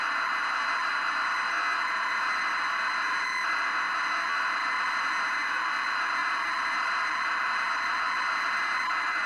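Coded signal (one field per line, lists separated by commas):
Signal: ZX Spectrum tape loading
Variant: 48k ZX Spectrum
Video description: Featuring real time loading from cassette tape on a 48k ZX Spectrum. Previously untested 24 year old tape.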